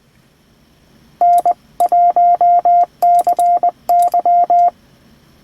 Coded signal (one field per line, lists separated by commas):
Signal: Morse code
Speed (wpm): 21 wpm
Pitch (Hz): 700 Hz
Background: none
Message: N1CY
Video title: Ham Radio Linked Repeaters & Full Duplex Handhelds